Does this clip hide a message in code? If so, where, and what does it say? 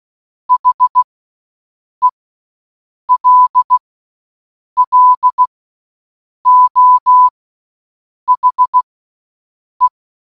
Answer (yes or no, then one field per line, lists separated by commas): yes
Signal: Morse code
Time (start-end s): 0.5-9.9 s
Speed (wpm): 16 wpm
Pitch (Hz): 1000 Hz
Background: none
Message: HELLO HE